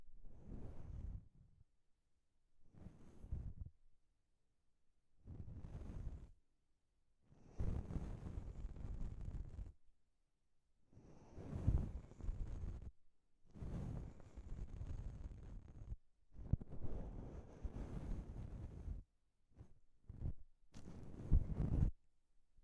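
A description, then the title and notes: Brushes sweep across a microphone in separate strokes, roughly ten passes over twenty-three seconds with near-silent gaps between them. Each stroke is scratchy with a heavy low rumble, some short and tapering, others longer and denser with a bristly hiss. ASMR Brushing The Microphone with Different Brushes.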